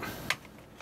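A magazine is put back into a rifle's magwell, giving one sharp, bright click at 0.3 s as it locks in. Quieter handling noise follows, with a faint rustle near 0.8 s.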